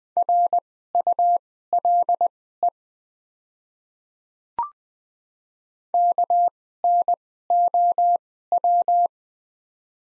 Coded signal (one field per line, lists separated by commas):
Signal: Morse code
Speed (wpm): 20 wpm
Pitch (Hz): 700 Hz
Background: none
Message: RULE KNOW